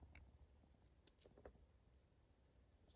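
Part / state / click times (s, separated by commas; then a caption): plastic ball link onto servo/swashplate ball of RC helicopter / not seated / none. A small plastic ball link on an RC ERA C184-MD500 RC helicopter is handled over its metal servo/swashplate ball joint, about to be pressed straight down to snap on. Only faint handling ticks and light rustles are heard over a low background hum. Nothing has seated or clicked yet.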